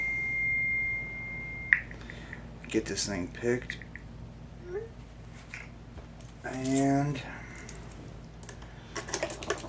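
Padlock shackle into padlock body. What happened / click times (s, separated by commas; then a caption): The lock is being handled but has not latched yet / none. A steel padlock shackle on an American 5100 padlock is handled near its body, with a steady high beep at the start, then a sharp tap at 1.7 s followed by light metallic ticks and rattles while someone talks. The shackle has not yet been pushed home; nothing has seated or clicked locked yet.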